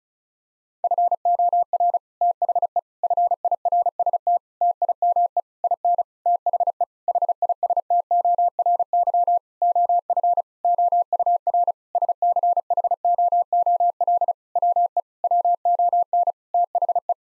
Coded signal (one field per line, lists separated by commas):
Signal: Morse code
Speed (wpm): 36 wpm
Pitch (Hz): 700 Hz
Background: none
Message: FOR THE FIRST TIME IN THE HISTORY OF OUR SCHOOL WE WON THE